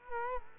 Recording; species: mosquito wingbeat signal from an infrared sensor; Culex quinquefasciatus